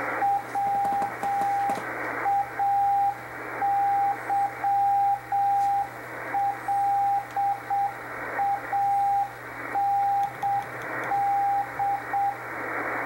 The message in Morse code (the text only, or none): WAYLAND